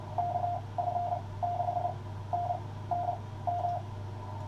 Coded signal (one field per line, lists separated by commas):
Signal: Morse code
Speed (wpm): 29 wpm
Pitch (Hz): 710 Hz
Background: radio noise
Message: KF6NNM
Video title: W3WRC Field Day 2023 operating CW and SSB